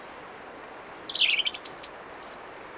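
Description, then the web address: European robin song phrase opening with a thin high whistle, then tumbling descending notes and two sliding, silvery whistles, over faint background hiss. "SETE data Erithacus rubecula"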